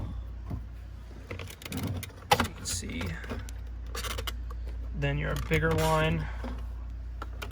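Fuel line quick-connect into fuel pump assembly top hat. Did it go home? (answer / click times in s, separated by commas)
yes / 7.2 s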